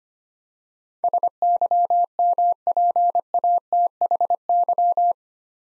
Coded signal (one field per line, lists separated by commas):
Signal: Morse code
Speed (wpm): 25 wpm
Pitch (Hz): 700 Hz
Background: none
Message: SYMPATHY